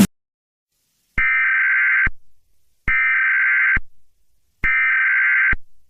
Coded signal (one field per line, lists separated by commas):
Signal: Emergency Alert System (SAME) tones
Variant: header bursts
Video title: EAS MOCK Hurricane Dexter whole MOCK